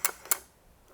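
The yoke locking ratchet on the tilt lock of a ZOLAR 1×1 LED light panel from the makers of Z CAM is worked by hand. Two sharp, bright clicks at 0.1 s and 0.3 s, with a faint tick between them, come from the small ratchet teeth catching. The lock seats so the panel will not slide forward.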